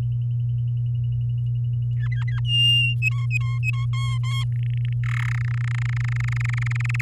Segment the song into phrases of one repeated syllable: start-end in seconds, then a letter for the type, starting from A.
1.97-2.40 A, 2.44-2.95 B, 3.01-3.86 C, 3.93-4.44 D, 4.52-4.93 E, 5.03-5.33 F, 5.34-7.02 G